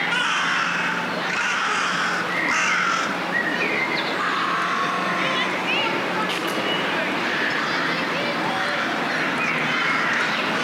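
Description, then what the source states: Crows in a busy flock chorus, grating caws piling over one another without pause and no clear rhythm. A chorus of crows calling together.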